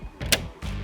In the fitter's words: until it clicks in place